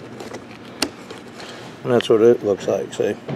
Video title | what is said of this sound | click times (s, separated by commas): Dutchman Aspen Trail | You just pop it right out. | 0.8 s